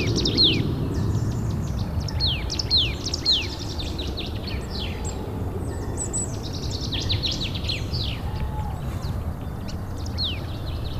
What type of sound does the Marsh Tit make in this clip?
song